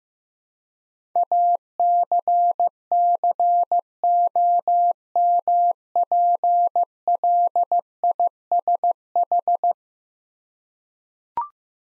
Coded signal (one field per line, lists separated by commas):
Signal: Morse code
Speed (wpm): 15 wpm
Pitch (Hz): 700 Hz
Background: none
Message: ACCOMPLISH